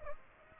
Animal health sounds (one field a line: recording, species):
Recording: mosquito wingbeat signal from an infrared sensor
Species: Aedes aegypti